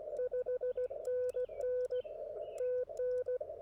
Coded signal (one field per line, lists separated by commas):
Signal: Morse code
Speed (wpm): 16 wpm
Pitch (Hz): 470 Hz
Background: radio noise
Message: 5NN TN